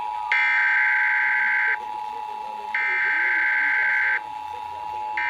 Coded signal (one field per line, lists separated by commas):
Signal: Emergency Alert System (SAME) tones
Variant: header bursts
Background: speech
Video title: Fredericksburg RMT June 2021(EAS 1,138-1,149)